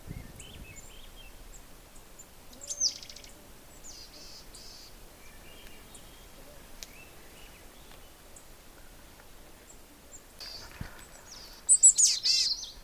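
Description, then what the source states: Boreal chickadee calls, brief high bursts near the start, then a louder cluster of hoarse, buzzy notes at the end, with long quiet gaps between. Boreal chickadee very close to the recordist, more than one bird present, in very boreal woods.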